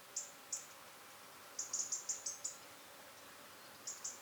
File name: Erithacus rubecula